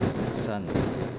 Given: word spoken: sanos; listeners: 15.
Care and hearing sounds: one Spanish word in noise, from a listening test; noise modulated by three-talker babble; -7.0 dB; 0 of 15; 8 of 15; 0.79 s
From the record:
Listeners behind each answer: 8, 3, 1, 1, 1, 1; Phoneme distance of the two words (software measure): 41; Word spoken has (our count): 2 syllables, 5 phonemes, stress on syllable 1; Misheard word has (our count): 2 syllables, 6 phonemes, stress on syllable 1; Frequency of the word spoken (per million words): 6.79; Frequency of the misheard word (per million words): 136.32

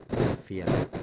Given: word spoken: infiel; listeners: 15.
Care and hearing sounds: one Spanish word in noise, from a listening test; noise modulated by one talker; -10.8 dB; 2 of 15; 6 of 15; 0.63 s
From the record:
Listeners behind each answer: 6, 2, 1, 1, 1, 1, 1, 1, 1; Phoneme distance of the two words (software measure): 24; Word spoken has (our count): 2 syllables, 6 phonemes, stress on syllable 2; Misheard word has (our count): 3 syllables, 8 phonemes, stress on syllable 2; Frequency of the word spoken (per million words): 3.28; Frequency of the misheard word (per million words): 22.43

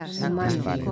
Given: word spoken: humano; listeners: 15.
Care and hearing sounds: one Spanish word in noise, from a listening test; four-talker babble; -0.1 dB; 0 of 15; 7 of 15; 0.52 s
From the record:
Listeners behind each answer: 7, 2, 1, 1, 1, 1, 1, 1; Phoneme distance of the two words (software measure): 7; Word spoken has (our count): 3 syllables, 5 phonemes, stress on syllable 2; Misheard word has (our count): 2 syllables, 4 phonemes, stress on syllable 1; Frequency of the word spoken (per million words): 115.24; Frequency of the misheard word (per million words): 305.83

